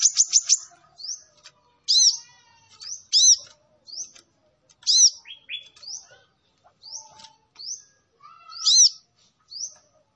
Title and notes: MASTERAN KOLIBRI NINJA FULL ISIAN DAN TEMBAKAN MEWAH COCOK BUAT PANCINGAN. Suara Burung Kolibri Ninja Gacor